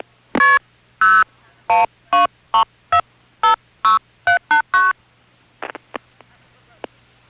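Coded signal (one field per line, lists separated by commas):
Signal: multi-frequency trunk signalling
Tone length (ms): 140 ms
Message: KP0123456789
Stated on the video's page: Telephone signalling tones from a #5 Crossbar exchange in Van Nuys, recorded on tape.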